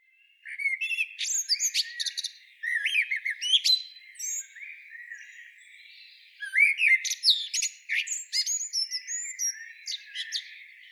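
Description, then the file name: Common blackbird twittering in bursts, with thin rising whistles and scratchy chirps grouped into phrases separated by brief quieter gaps. "Turdus merula"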